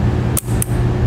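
A plastic clip or cover on the red charge-line wire of a Roadmaster Battery Charge Line Kit for motorhomes is pushed into place at the circuit breaker's auxiliary terminal. Two sharp clicks sound at 0.4 and 0.6 seconds over a steady low hum. The clip snaps and is seated.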